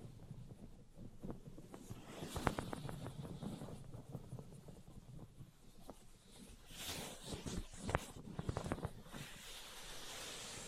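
Tapping and scratching sounds, with sharp taps clustered around two and a half seconds and again near eight to nine seconds, over a soft rustling bed.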